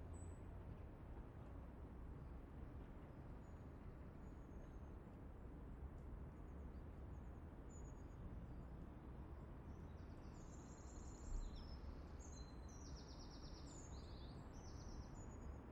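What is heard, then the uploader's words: A steady, dense rumble of distant traffic fills the whole recording at an even level, with no single vehicle standing out. Thin, high bird chirps cut faintly above it, scattered early on and growing busier and more frequent over the last six seconds. I used two Schoeps MK4 capsules in an ORTF arrangement for this recording.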